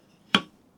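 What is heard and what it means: The lever cap of a metal hand plane is pressed down to clamp the blade and chipbreaker in the plane body, giving a single sharp metallic click at 0.3 s that rings briefly before fading into quiet. The click shows the lever cap has seated and the blade assembly is clamped tight, since no click would mean it isn't tight enough.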